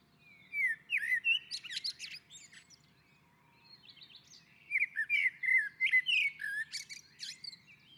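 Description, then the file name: Common blackbird singing two mellow fluted phrases, each closing with thin, scratchy high twitters, separated by a brief quiet gap. On a roof. "Koltrast på taket"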